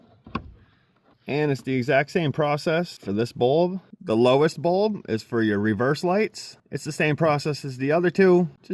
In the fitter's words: And then to lock it in place, just rotate clockwise.